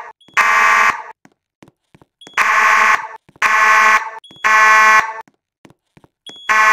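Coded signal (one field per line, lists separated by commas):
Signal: alarm pattern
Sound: buzzy fire horn sounding three short blasts, pause, repeating; faint high chirp before blasts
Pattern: temporal three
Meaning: Temporal-3 signal means evacuate the building due to fire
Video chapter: Code 3 / Temporal 3 3:37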